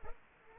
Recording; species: mosquito wingbeat signal from an infrared sensor; Culex pipiens